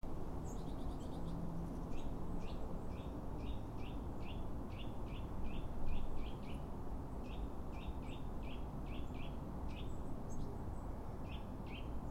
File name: Sitta europaea